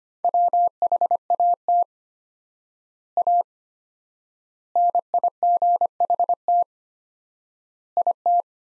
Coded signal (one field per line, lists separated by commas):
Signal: Morse code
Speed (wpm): 25 wpm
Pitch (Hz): 700 Hz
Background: none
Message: WHAT A NIGHT IT